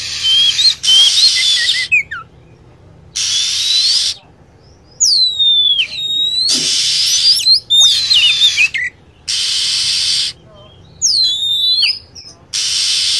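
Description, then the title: Lovebird calls: bursts of dense, shrill high chatter alternate with sharp whistled notes sweeping steeply up and down, separated by short silent gaps. Lure recording used to attract lovebirds. "PIKAT BURUNG LOVEBIRD"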